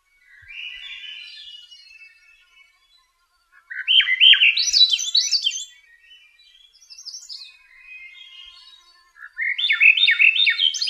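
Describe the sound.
Swainson's thrush song: a soft, breathy opening phrase, then two loud, upward-spiralling fluty phrases separated by quieter warbling notes.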